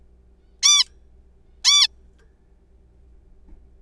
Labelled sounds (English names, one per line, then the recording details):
Zebra Finch
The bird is a juvenile
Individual R3428